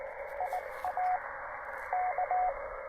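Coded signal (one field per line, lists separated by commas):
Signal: Morse code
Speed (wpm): 22 wpm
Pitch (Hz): 690 Hz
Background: radio noise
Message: IA K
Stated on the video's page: QRP Parks on the Air activation with a Penntek TR-45L transceiver, Elecraft AX3 antenna and Begali Traveler Morse key.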